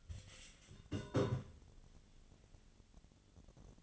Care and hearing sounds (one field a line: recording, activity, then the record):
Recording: daily activity, microphone in the room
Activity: take from stove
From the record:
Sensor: 4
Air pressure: 1010.8 hPa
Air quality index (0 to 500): 168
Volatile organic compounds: 5 ppm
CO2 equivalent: 1714 ppm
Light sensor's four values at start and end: 39/112/45/46 and 39/111/44/46